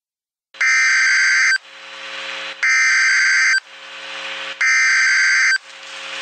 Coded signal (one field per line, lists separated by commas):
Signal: Emergency Alert System (SAME) tones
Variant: header bursts